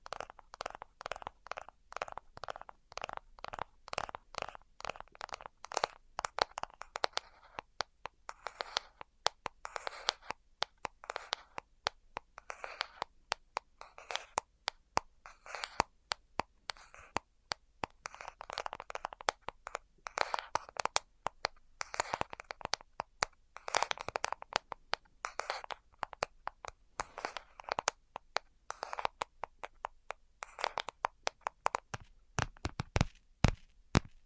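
Tapping runs through the whole clip as a dense, fast train of sharp clicks, many bursts of quick taps with brief gaps between them. Some passages sound rougher and more rustling, almost crunchy, and near the end the taps thin into a few isolated, crisp hits.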